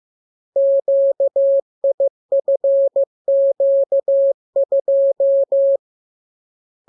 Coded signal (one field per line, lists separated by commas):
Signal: Morse code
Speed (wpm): 15 wpm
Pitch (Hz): 550 Hz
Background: none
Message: QIFQ2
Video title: Learning Morse Code. Lesson 27. Letter KMURESNAPTLWI.JZ=FOY,VG5/Q92